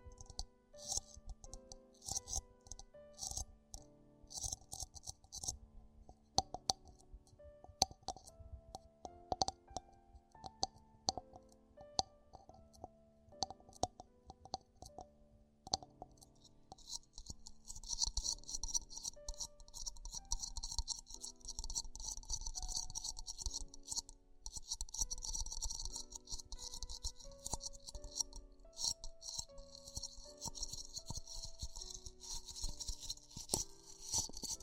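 Tingly ear exploration sounds: quick clicks, taps and rattling crinkles dart in and out through the first half. After about seventeen seconds the texture becomes a denser, steadier bright scratching and brushing, while soft low tones hum underneath throughout.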